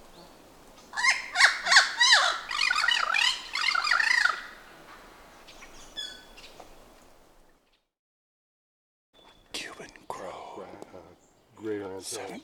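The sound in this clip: Bird calls: harsh, raucous, harmonic notes in a rapid series for about three seconds, then quiet, a silent gap, and a few abrupt bursts.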